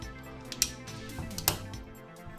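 During the transformation of a Transformers Legacy United Vector Prime plastic action figure, the tops of the kneecap tabs are pushed over the leg pieces, one knee at a time. Two sharp plastic snaps ring out at 0.6 s and 1.5 s, each preceded by a softer tick about a tenth of a second earlier. Both kneecap tabs seat into place.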